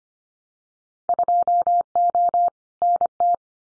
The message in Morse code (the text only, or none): 2O NT